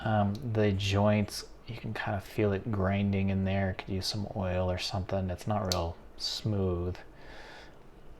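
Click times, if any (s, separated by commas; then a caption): none. Someone talks over most of the clip while a slip-joint pocketknife blade with a gritty, grinding pivot joint, on a knife with brass liners and real wood, is opened or closed. No clear snap or click is heard; the blade has not snapped into place, and the pivot is not smooth and could use some oil.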